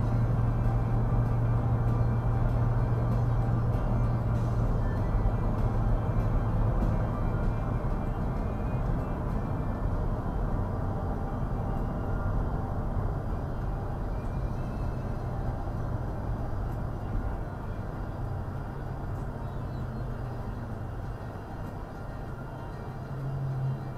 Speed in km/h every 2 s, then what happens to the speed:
85, 85, 89, 85, 87, 81, 77, 69, 61, 52, 42, 32.
0-9 steady at about 85. 9-24 brakes to 32.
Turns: none.